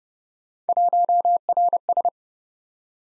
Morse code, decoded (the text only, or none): 1RS